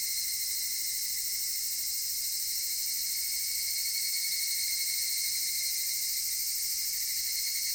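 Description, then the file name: Cicada song, a steady shrill buzzing drone held high and unbroken throughout, with no other sounds. Recorded in Japan. "Cigales nippon"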